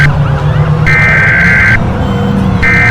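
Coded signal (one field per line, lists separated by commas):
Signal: Emergency Alert System (SAME) tones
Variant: header bursts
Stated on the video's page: Fictional EAS scenario and ambience recreation imagining a nuclear war; simulated, not a real alert.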